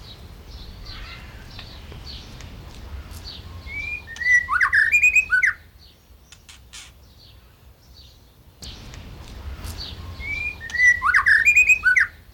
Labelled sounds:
White-rumped Shama (Copsychus malabaricus)

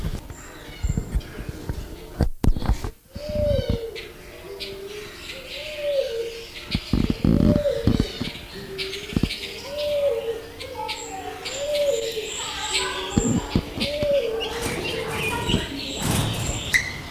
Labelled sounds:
Beautiful Fruit Dove (Ptilinopus pulchellus)

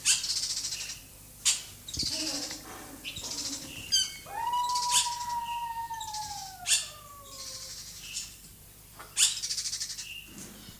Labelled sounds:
Diamond Dove (Geopelia cuneata) courtship call

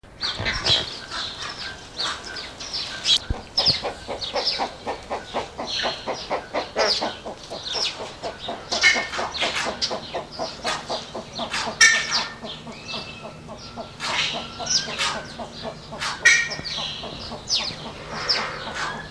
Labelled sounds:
Roseate Spoonbill (Platalea ajaja) call, Buff-necked Ibis (Theristicus caudatus)

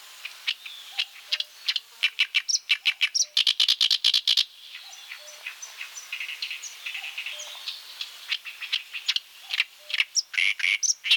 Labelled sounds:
Oriental Reed Warbler (Acrocephalus orientalis) song

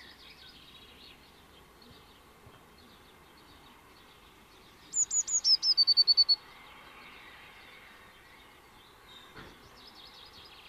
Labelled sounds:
Eurasian Blue Tit (Cyanistes caeruleus) song

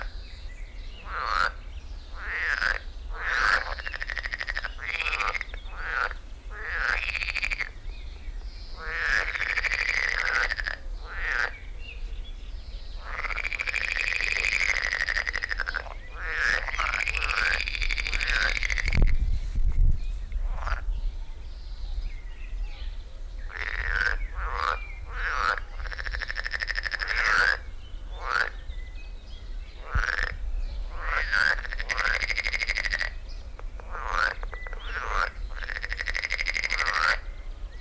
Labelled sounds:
Edible Frog (Pelophylax esculentus) call

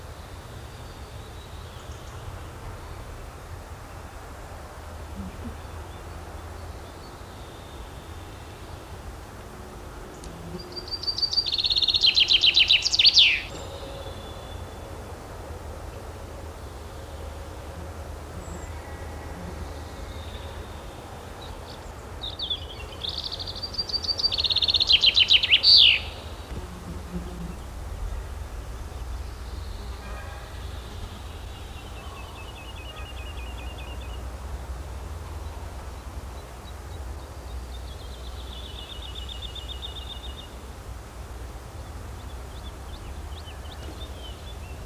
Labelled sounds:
Common Chaffinch (Fringilla coelebs) song

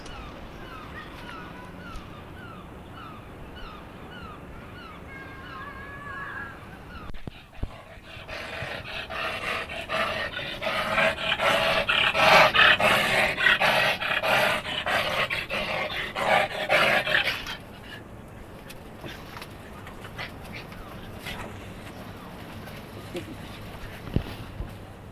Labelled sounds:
Wapiti (Cervus canadensis) call

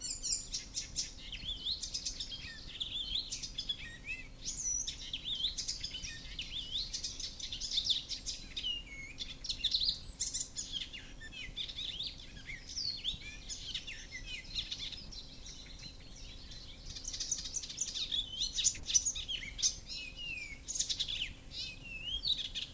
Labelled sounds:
Icterine Warbler (Hippolais icterina) song

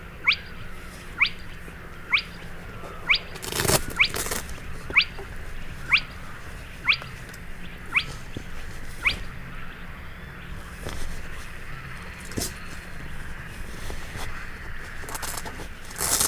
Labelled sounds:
Spotted Crake (Porzana porzana)

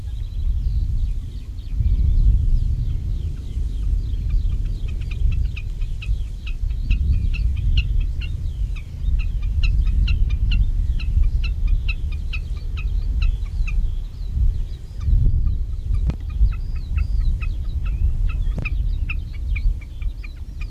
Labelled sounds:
Common Snipe (Gallinago gallinago)

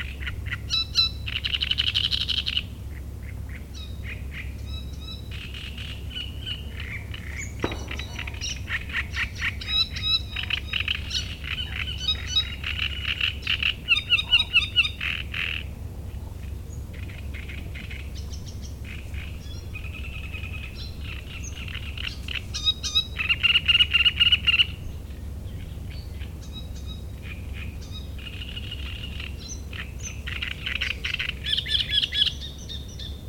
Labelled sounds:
Great Reed Warbler (Acrocephalus arundinaceus)

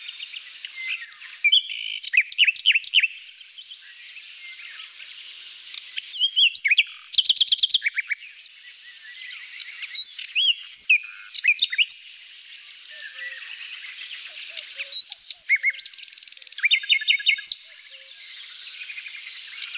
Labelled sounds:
Common Nightingale (Luscinia megarhynchos) song

